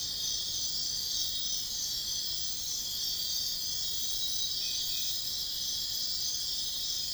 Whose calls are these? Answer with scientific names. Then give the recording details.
none. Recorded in dense forest near Puerto Asís, Putumayo, Colombia, on 19 February 2024 at 04:00. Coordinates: 0.502, -76.324. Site G6370